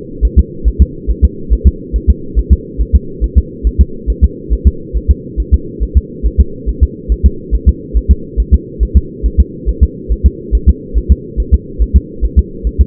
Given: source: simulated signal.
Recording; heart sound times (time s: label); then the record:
fetal heart sounds
0.25 s: S1
0.39 s: S2
0.68 s: S1
0.82 s: S2
1.11 s: S1
1.25 s: S2
1.53 s: S1
1.67 s: S2
1.96 s: S1
2.10 s: S2
2.39 s: S1
2.53 s: S2
2.81 s: S1
2.95 s: S2
3.24 s: S1
3.38 s: S2
3.67 s: S1
3.81 s: S2
4.10 s: S1
4.24 s: S2
4.53 s: S1
4.67 s: S2
4.97 s: S1
5.11 s: S2
5.40 s: S1
5.54 s: S2
5.83 s: S1
5.97 s: S2
6.26 s: S1
6.40 s: S2
6.69 s: S1
6.83 s: S2
7.12 s: S1
7.26 s: S2
7.55 s: S1
7.69 s: S2
7.97 s: S1
8.11 s: S2
8.40 s: S1
8.54 s: S2
8.83 s: S1
8.97 s: S2
9.26 s: S1
9.40 s: S2
9.69 s: S1
9.83 s: S2
10.12 s: S1
10.26 s: S2
10.55 s: S1
10.69 s: S2
10.98 s: S1
11.12 s: S2
11.40 s: S1
11.54 s: S2
11.82 s: S1
11.96 s: S2
12.25 s: S1
12.39 s: S2
12.67 s: S1
12.81 s: S2
From the record:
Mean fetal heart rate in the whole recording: 140 bpm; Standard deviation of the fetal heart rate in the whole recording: 2 bpm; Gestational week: 34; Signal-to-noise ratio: -4.3 dB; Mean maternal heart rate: 72 bpm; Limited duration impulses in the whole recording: absent